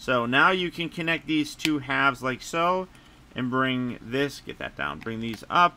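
Someone talks while handling a large plastic transforming robot toy, joining the two halves of its body and moving parts down and up. Nothing has seated or clicked yet; the halves have not locked together by the end.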